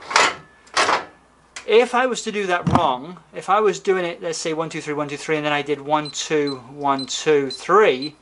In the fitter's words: you hear beep and you hear the door click if